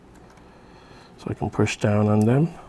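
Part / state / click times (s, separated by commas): CPU cooler push pin into motherboard mounting hole / not seated / none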